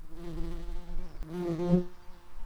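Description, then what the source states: Red-tailed bumblebee buzzing: a steady, low, harmonic-rich hum, briefly broken midway, then swelling and rising slightly in pitch before easing off. Workers.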